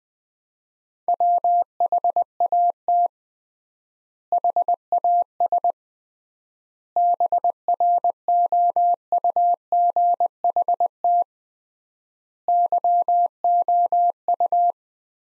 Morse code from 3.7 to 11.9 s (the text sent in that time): HAS BROUGHT